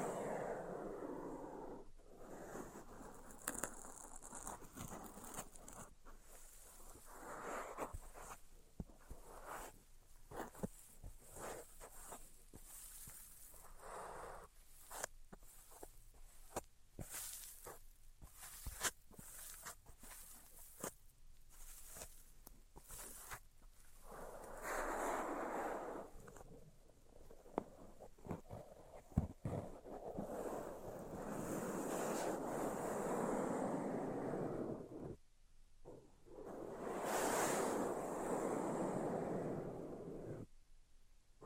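Quick scratches and taps come in uneven bursts through the first half, then slower, smoother tracing strokes swell and fade in long rushing sweeps.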